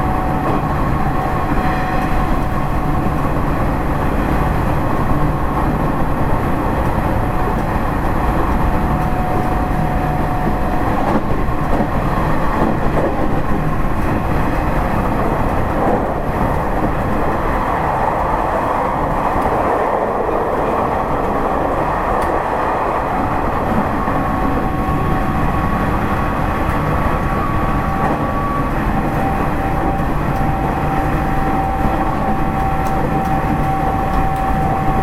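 Running noise from a Nishitetsu 3000 series train: a steady, dense low rumble holds at an even level for the whole stretch. A thin high whine sounds on and off, and around the twenty-second mark a brighter mid-range roar swells briefly before settling back.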